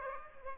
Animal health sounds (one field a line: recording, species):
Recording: mosquito wingbeat signal from an infrared sensor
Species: Aedes aegypti